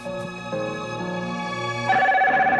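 A phone rings with an electronic, melodic ringtone: sustained synthetic tones step between a few pitches and jump higher near the end. It plays steadily and fairly loud, with no voices.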